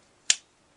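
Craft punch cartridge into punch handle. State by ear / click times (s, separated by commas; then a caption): seated / 0.3 s. A craft punch cartridge is pushed into the rear of the punch handle and gives a single small, sharp click at 0.3 s. The click is short and bright and fades within about a tenth of a second, with quiet before and after. The cartridge is seated in place.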